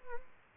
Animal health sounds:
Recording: mosquito wingbeat signal from an infrared sensor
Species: Aedes albopictus

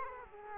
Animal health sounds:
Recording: mosquito wingbeat signal from an infrared sensor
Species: Culex quinquefasciatus

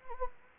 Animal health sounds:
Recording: mosquito wingbeat signal from an infrared sensor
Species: Anopheles gambiae

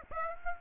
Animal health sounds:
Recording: mosquito wingbeat signal from an infrared sensor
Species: Aedes aegypti

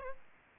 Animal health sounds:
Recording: mosquito wingbeat signal from an infrared sensor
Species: Aedes albopictus

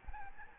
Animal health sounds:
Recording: mosquito wingbeat signal from an infrared sensor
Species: Aedes albopictus

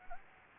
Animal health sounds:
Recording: mosquito wingbeat signal from an infrared sensor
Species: Anopheles gambiae

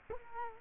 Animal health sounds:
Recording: mosquito wingbeat signal from an infrared sensor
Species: Culex quinquefasciatus

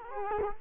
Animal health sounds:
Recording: mosquito wingbeat signal from an infrared sensor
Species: Culex quinquefasciatus

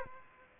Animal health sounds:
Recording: mosquito wingbeat signal from an infrared sensor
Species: Aedes aegypti

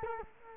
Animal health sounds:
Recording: mosquito wingbeat signal from an infrared sensor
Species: Culex quinquefasciatus

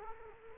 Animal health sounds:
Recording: mosquito wingbeat signal from an infrared sensor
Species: Culex quinquefasciatus

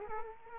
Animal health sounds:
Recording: mosquito wingbeat signal from an infrared sensor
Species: Culex quinquefasciatus

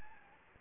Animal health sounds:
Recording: mosquito wingbeat signal from an infrared sensor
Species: Anopheles gambiae

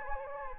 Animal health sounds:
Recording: mosquito wingbeat signal from an infrared sensor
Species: Anopheles gambiae

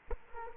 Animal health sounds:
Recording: mosquito wingbeat signal from an infrared sensor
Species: Culex quinquefasciatus

